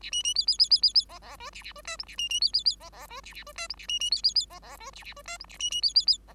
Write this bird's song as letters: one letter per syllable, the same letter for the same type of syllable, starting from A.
A B B C C C C C C D D E A A E F G A B B C C C D D E A A E F G A B B C C C D D E A A E F G A B B C C C D